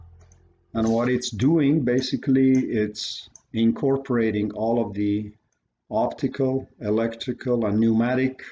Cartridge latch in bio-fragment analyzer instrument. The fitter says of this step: So when I hit the latch, you will hear this sound, and